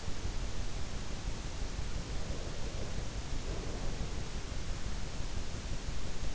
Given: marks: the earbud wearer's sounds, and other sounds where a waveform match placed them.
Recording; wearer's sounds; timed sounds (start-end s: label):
sounds in sleep by an in-ear microphone; breath
1.98-4.22 s: breath